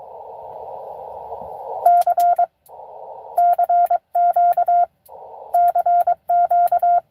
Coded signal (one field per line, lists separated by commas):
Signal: Morse code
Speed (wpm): 22 wpm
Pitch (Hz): 700 Hz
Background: radio noise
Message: C CQ CQ